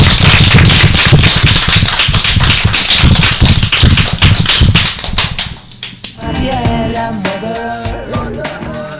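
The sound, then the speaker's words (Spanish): A burst of loud, dense applause from an audience of children, many hands clapping rapidly for about five seconds, then thinning out as voices rise and carry on. “Pues un aplauso para ustedes.”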